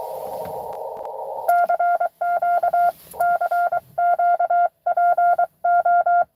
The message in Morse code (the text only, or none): CQ CQ PO